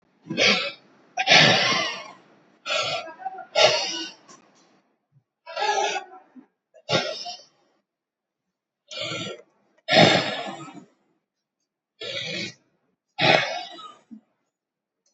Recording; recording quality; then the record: deep breathing; excellent, no background noise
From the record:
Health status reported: COVID-19 positive, mild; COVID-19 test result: positive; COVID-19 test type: RT-PCR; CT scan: taken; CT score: 18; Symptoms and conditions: cold, muscle pain, hypertension, ischaemic heart disease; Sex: male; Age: 55 years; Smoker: no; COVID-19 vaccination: both doses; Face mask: not worn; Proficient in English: yes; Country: India